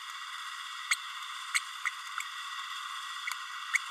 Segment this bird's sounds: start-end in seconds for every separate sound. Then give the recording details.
0.91-0.96, 1.54-1.60, 3.73-3.78. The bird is a female. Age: 30 days. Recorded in a nest box in Venezuela. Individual 17B32A7